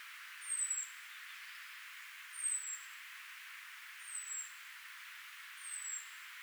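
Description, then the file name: European robin uttering four high, drawn-out, faintly falling whistles at regular intervals, with a quiet hiss behind. "Erithacus rubecula"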